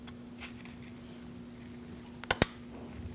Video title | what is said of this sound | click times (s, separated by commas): How to Replace Crankshaft Position Sensor 2016-2019 Chevrolet Cruze 1.4L L4 | Hear that click? | 2.3 s, 2.4 s